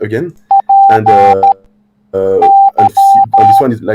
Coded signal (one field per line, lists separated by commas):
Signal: Morse code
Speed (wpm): 13 wpm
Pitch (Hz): 790 Hz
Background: speech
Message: P Y